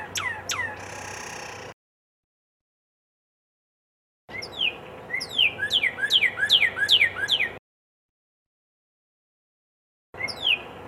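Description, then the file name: Red-crested cardinal song of sharp descending whistled notes, delivered in several brisk bouts separated by pauses. Song variation 3. "suara kicauan burung red crested cardinal. omkicau"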